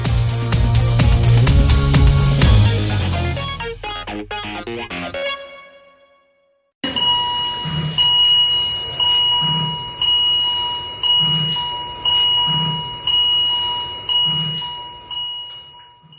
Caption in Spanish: Monitor de constantes vitales pita cuando un paciente sufre una arritmia, baja el oxígeno o deja de respirar. Así suena una UCI española.